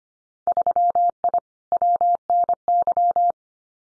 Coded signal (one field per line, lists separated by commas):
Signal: Morse code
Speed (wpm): 25 wpm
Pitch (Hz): 700 Hz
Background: none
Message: 3I WNY